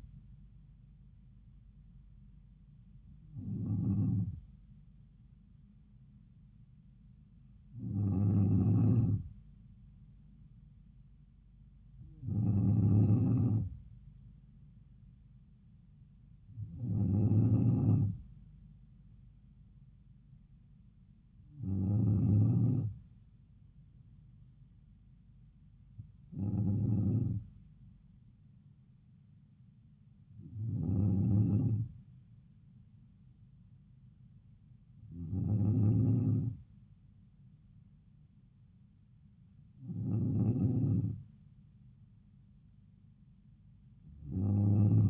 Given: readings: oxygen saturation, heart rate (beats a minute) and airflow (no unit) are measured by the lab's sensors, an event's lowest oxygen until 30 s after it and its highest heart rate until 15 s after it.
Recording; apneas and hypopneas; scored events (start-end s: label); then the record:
breathing in sleep by a smartphone at the bedside; none
none scored
From the record:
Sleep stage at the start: N2 (light sleep); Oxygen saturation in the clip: 93 to 94%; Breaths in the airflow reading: 10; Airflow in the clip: -3.3 to 5.3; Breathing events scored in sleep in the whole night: 270 in 6.1 hours asleep